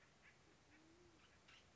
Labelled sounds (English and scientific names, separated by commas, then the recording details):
Band-tailed Pigeon (Patagioenas fasciata)
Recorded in Sonoma County, California